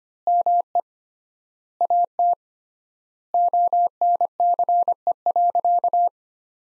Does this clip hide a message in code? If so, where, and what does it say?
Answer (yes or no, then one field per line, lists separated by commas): yes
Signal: Morse code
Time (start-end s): 0.3-6.1 s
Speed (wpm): 25 wpm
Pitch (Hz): 700 Hz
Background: none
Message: ME AT ONCE.